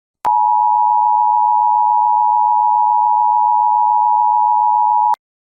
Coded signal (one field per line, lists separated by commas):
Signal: Emergency Alert System (SAME) tones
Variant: 853 and 960 Hz attention tone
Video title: Outrageous EAS - Nuclear Colon Cleanse